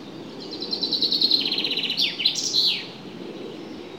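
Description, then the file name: Common chaffinch singing a rapid high trill of falling notes, finished with a sharp downward-sweeping flourish, over faint background noise. "Fringilla coelebs"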